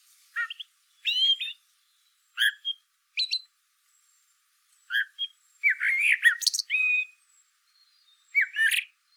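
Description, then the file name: Eurasian blackbird singing in short, broken bursts of scratchy chirps and brief fluted notes, a fuller warbled phrase in the latter half, gaps of quiet between. "Turdus merula"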